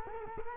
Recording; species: mosquito wingbeat signal from an infrared sensor; Culex quinquefasciatus